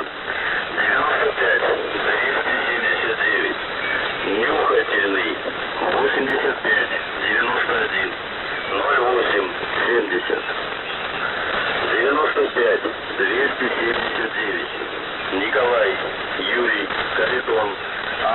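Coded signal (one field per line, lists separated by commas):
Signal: coded military voice message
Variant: The Pip, Russian voice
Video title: The Pip | 17th August 2023 | Monolith Voice Message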